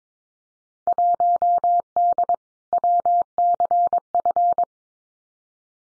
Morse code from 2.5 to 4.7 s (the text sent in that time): WCF